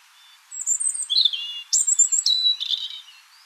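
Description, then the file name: European robin singing a short, varied phrase of sweet high whistles, a quick sliding note and twittering trills, with sudden changes of pitch and no other sounds. "Erithacus rubecula"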